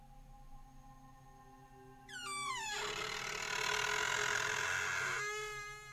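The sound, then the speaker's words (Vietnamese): A slow, drawn-out creak of a door being slowly opened by a woman, with wavering, rising squeaks that swell into a loud, grinding groan before stopping abruptly, set against a low steady hum. “Sau khi hít sâu một hơi, cô từ từ mở cánh cửa ra.”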